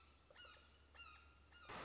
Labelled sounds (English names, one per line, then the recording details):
Red-shouldered Hawk
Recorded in Sonoma County, California